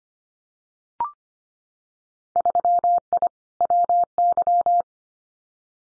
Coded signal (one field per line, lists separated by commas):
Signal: Morse code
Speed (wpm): 25 wpm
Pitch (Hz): 700 Hz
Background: none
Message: 3I WY